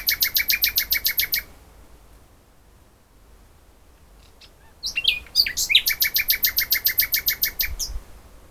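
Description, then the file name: Common nightingale song: a fast series of repeated chirps ends, silence follows, then varied sweeping notes lead into another long rapid volley. "Luscinia megarhynchos"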